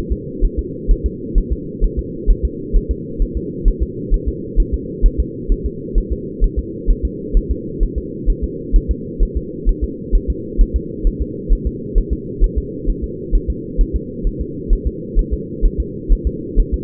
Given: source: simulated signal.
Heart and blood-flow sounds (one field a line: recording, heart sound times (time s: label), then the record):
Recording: fetal heart sounds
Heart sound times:
0.12 s: S2
0.45 s: S1
0.59 s: S2
0.91 s: S1
1.06 s: S2
1.38 s: S1
1.53 s: S2
1.84 s: S1
1.99 s: S2
2.31 s: S1
2.45 s: S2
2.76 s: S1
2.91 s: S2
3.22 s: S1
3.37 s: S2
3.68 s: S1
3.83 s: S2
4.14 s: S1
4.28 s: S2
4.60 s: S1
4.74 s: S2
5.06 s: S1
5.20 s: S2
5.52 s: S1
5.66 s: S2
5.98 s: S1
6.12 s: S2
6.44 s: S1
6.59 s: S2
6.90 s: S1
7.05 s: S2
7.37 s: S1
7.51 s: S2
7.83 s: S1
7.98 s: S2
8.30 s: S1
8.44 s: S2
8.76 s: S1
8.91 s: S2
9.23 s: S1
9.37 s: S2
9.69 s: S1
9.84 s: S2
10.15 s: S1
10.30 s: S2
10.61 s: S1
10.76 s: S2
11.07 s: S1
11.22 s: S2
11.53 s: S1
11.67 s: S2
11.98 s: S1
12.13 s: S2
12.44 s: S1
12.58 s: S2
12.90 s: S1
13.04 s: S2
13.35 s: S1
13.50 s: S2
13.81 s: S1
13.96 s: S2
14.27 s: S1
14.41 s: S2
14.73 s: S1
14.87 s: S2
15.19 s: S1
15.33 s: S2
15.65 s: S1
15.80 s: S2
16.12 s: S1
16.27 s: S2
16.60 s: S1
16.74 s: S2
From the record:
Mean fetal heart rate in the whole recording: 130 bpm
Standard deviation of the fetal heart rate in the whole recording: 2 bpm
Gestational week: 38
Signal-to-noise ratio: -4.1 dB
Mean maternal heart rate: no maternal heart sound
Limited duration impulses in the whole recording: absent